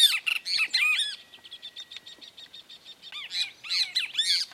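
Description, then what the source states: Great kiskadee pouring out harsh, arched squawks, then a quick stutter of short clipped notes, before the loud squawking bursts resume. Song exchanged between two birds.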